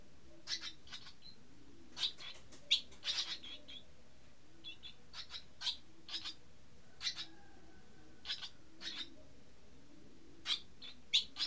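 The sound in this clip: Barn swallow calls, short high chirps scattered singly and in small clusters at irregular gaps over a low steady hum.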